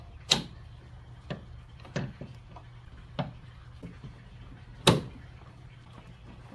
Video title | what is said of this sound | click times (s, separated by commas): What Tools Are Needed to Replace Trunk Lid Lift Struts? | new one should just snap in place | 0.3 s, 4.9 s